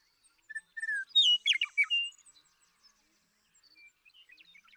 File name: Western Meadowlark